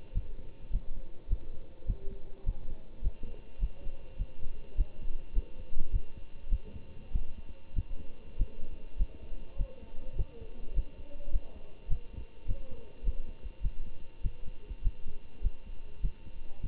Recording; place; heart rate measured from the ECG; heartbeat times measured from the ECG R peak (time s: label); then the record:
heart sounds by stethoscope; between the tricuspid and mitral areas; 102 bpm
0.13 s: heartbeat
0.71 s: heartbeat
1.28 s: heartbeat
1.85 s: heartbeat
2.44 s: heartbeat
3.01 s: heartbeat
3.59 s: heartbeat
4.17 s: heartbeat
4.76 s: heartbeat
5.33 s: heartbeat
5.90 s: heartbeat
6.49 s: heartbeat
7.12 s: heartbeat
7.74 s: heartbeat
8.37 s: heartbeat
8.97 s: heartbeat
9.57 s: heartbeat
10.16 s: heartbeat
10.74 s: heartbeat
11.30 s: heartbeat
11.88 s: heartbeat
12.46 s: heartbeat
13.03 s: heartbeat
13.61 s: heartbeat
14.22 s: heartbeat
14.82 s: heartbeat
15.41 s: heartbeat
16.01 s: heartbeat
16.61 s: heartbeat
From the record:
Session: Bruce protocol treadmill stress test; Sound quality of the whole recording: good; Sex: male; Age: 25 years